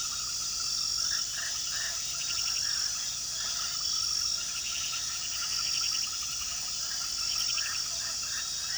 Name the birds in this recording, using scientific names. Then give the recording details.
none. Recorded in pastures near Puerto Asís, Putumayo, Colombia, on 19 February 2024 at 00:00. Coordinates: 0.466, -76.323. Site G6384